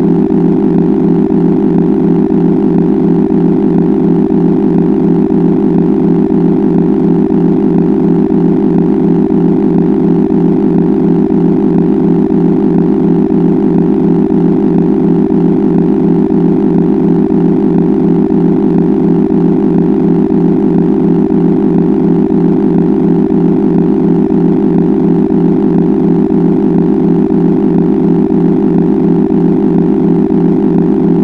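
A blended binaural tone plays as a steady, unchanging low drone, packed into a narrow low-mid band with faint higher overtones above it. A fine, even pulsing runs through it like a soft engine hum, constant from start to finish.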